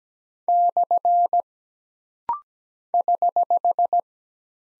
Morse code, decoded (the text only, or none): / <HH>